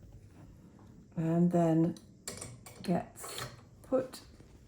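Someone talks while the loaded bobbin shuttle of a vintage sewing machine is being worked toward its metal shuttle holder, with a few brief, sharp handling sounds around 2.3, 2.7 and 4.7 seconds. Nothing has seated or clicked yet; the shuttle is still only being handled and is not yet home.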